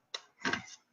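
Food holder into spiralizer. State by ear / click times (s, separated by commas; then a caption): seated / 0.2 s. A zucchini is set on the end of a hand spiralizer and the food holder is locked into place, giving one sharp tick at 0.2 seconds. A louder, longer broadband scrape follows from about 0.4 to 0.8 seconds. The holder seats and locks into place.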